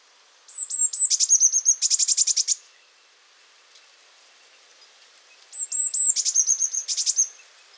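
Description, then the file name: Eurasian blue tit giving high thin notes followed by a dry buzzy churring rattle, the phrase heard twice with a pause between. "Cyanistes caeruleus"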